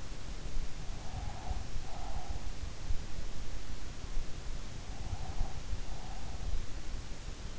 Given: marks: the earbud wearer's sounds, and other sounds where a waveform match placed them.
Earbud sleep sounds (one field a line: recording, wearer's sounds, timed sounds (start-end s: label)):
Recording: sounds in sleep by an in-ear microphone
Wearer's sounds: breath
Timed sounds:
1.06-2.74 s: breath
5.08-6.76 s: breath